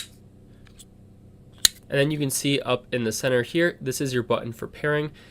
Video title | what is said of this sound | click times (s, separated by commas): How To Turn On Off, Pair and Use Your Beats Studio Buds l Hướng Dẫn Sử Dụng | These earbuds do snap into place because they are magnetic and you can hear that. | 1.7 s